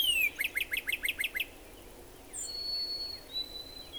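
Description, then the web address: Northern cardinal song: a quick run of several sharp, downslurred whistled notes after a longer opening downslur. "birdsongforthecurious Northern Cardinal"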